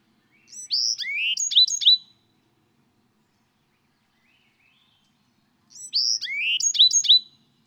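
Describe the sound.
Bird song: two identical short phrases of bright, high downslurred whistles and twittering notes, the second about five seconds after the first, with quiet between.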